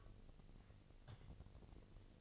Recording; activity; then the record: daily activity, microphone in the room; take from stove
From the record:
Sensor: 4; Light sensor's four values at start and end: 9/20/8/8 and 9/20/8/7